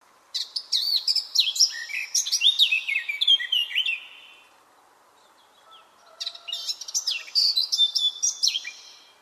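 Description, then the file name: Eurasian blackcap giving two bursts of rapid, varied warbling and whistled notes, each a few seconds long, separated by a quiet gap. "Sylvia atricapilla"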